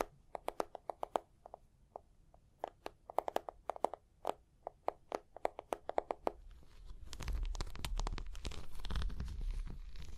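Tapping and scratching: for the first seven seconds, crisp, separate taps come in quick irregular bursts with short gaps between. From about seven seconds a continuous, louder scratching takes over, dense and rough with a low rumble underneath, running to the end.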